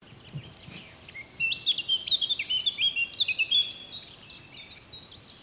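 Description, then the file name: Eurasian blackcap giving a rapid, jumbled warble of high notes lasting about two seconds, followed by scattered short chirps over a constant hiss. "Sylvia atricapilla"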